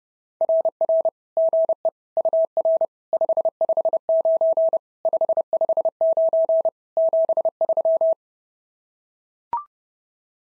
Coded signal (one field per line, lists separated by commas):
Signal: Morse code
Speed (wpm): 30 wpm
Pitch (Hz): 650 Hz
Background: none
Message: RR GE UR 559 559 73